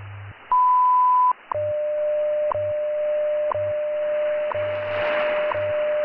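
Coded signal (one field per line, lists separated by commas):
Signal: radio time signal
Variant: WWV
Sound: a long high beep, then a steady lower hum interrupted by a tick each second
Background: radio static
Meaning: A standard audio tone is broadcast during minute 1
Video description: Includes the top of the hour station ID and the full minute 1 660 Hz tone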